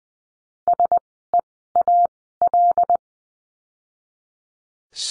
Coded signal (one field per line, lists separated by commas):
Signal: Morse code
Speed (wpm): 20 wpm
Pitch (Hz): 700 Hz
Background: none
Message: SEAL